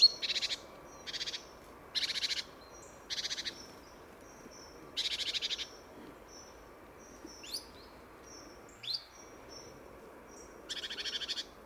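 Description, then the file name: Great tit churring calls, a run of short buzzy rattles early on, then quieter sharp notes, a final churr, with thin steady high whistles behind. "Parus major"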